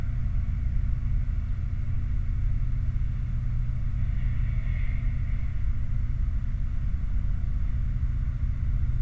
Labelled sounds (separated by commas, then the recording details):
machinery, flare stack
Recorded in the Prudhoe Bay oil fields, Alaska, on 29 July 2019 at 10:39
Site 29